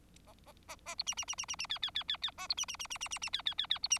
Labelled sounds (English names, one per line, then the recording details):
Bengalese Finch song
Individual Bird4